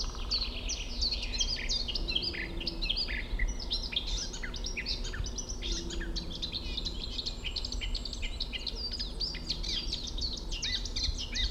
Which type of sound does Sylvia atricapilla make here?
song